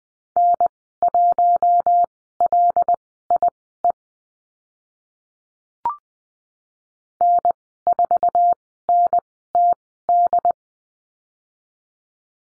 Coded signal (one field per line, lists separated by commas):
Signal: Morse code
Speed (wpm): 20 wpm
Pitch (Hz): 700 Hz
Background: none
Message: N1LIE N4NTD